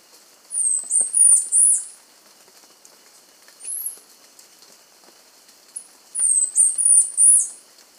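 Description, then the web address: Chestnut-capped brush finch calling with thin, very high, sliding notes in two longer bursts separated by two short notes, over quiet background. Recorded in Ecuador. "Birds of Ecuador. Chestnut-capped Brush-Finch"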